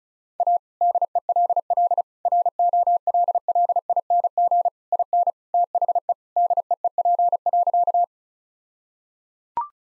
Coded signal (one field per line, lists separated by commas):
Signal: Morse code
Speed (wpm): 34 wpm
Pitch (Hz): 700 Hz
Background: none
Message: A DELL ROLLING IN THE DEEP.